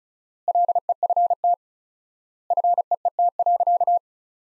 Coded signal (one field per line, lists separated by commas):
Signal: Morse code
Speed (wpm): 36 wpm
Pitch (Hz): 700 Hz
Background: none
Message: LEFT FEET.